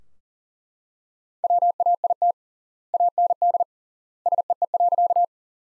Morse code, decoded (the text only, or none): WAIT AND SEE.